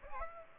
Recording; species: mosquito wingbeat signal from an infrared sensor; Aedes aegypti